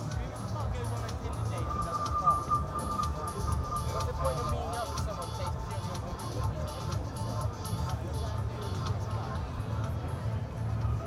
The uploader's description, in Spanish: Caminando desde el gran letrero que dice GLASTONBURY junto al Park Stage hasta mi carpa.